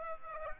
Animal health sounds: mosquito wingbeat signal from an infrared sensor; Aedes aegypti

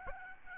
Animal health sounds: mosquito wingbeat signal from an infrared sensor; Aedes albopictus

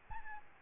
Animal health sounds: mosquito wingbeat signal from an infrared sensor; Aedes albopictus

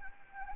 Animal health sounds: mosquito wingbeat signal from an infrared sensor; Anopheles gambiae

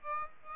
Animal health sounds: mosquito wingbeat signal from an infrared sensor; Aedes aegypti

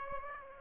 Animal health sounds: mosquito wingbeat signal from an infrared sensor; Aedes aegypti

